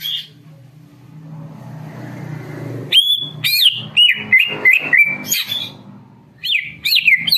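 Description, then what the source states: Greater green leafbird delivering a lively series of ringing, slurred whistles and chirps after a stretch of low rumbling noise, notes coming rapidly and irregularly. Bird in full, vigorous song.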